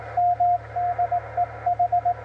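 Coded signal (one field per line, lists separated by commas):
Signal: Morse code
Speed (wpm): 18 wpm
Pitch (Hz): 710 Hz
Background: radio noise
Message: M DE H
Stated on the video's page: CW contact on 20 m, 14.019 kHz, between stations in New Caledonia (mobile) and Ecuador.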